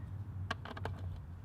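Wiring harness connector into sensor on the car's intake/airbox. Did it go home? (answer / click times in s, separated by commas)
no / none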